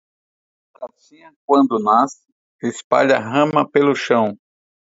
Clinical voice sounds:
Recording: short text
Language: Brazilian Portuguese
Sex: male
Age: 60 to 69 years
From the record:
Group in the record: control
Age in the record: 60 years

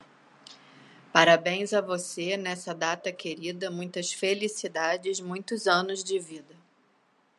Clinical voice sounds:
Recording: short text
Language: Brazilian Portuguese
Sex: female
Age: 40 to 49 years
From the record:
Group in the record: control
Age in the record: 48 years

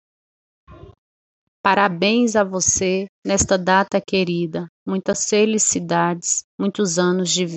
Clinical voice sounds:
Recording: short text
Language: Brazilian Portuguese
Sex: female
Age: 30 to 39 years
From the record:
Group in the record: control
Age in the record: 39 years

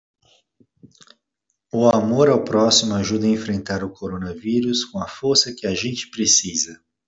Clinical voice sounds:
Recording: spoken sentence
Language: Brazilian Portuguese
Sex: male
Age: 40 to 49 years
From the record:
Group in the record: control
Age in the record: 40 years

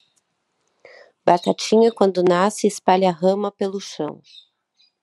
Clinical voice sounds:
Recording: short text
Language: Brazilian Portuguese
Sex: female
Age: 40 to 49 years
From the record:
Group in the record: control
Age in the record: 49 years

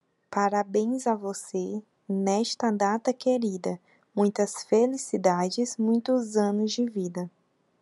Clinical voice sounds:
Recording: short text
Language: Brazilian Portuguese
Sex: female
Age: 20 to 29 years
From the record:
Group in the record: control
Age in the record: 20 years

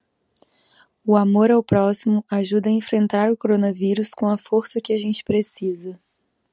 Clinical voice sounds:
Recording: spoken sentence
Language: Brazilian Portuguese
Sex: female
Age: 30 to 39 years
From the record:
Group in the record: control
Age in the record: 31 years

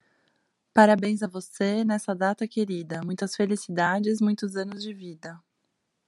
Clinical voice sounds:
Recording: short text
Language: Brazilian Portuguese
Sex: female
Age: 30 to 39 years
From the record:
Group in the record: control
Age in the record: 35 years

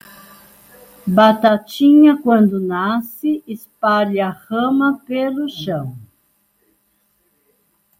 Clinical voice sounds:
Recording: short text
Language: Brazilian Portuguese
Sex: female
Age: 70 to 79 years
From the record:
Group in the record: control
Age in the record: 73 years

